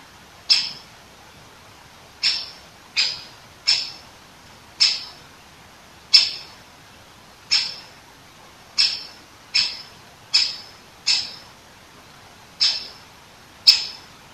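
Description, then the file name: Great Spotted Woodpecker calling with sharp, short, high 'kik' notes, thirteen calls at irregular intervals of roughly one second, over a quiet background. Recorded 21 September 2015. "dzieciol duzy nikolay sariev"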